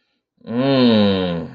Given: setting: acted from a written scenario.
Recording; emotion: vocal sound without words; desire